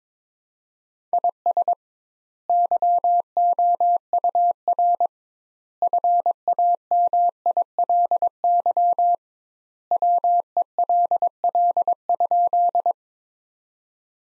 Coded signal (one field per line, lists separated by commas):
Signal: Morse code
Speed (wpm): 22 wpm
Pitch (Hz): 700 Hz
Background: none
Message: IS YOUR FAMILY WELL?